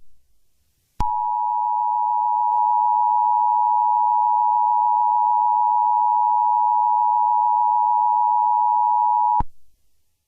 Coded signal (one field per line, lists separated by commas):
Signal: Emergency Alert System (SAME) tones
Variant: 853 and 960 Hz attention tone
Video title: EAS Scenario #34: The Wrath of Dio Brando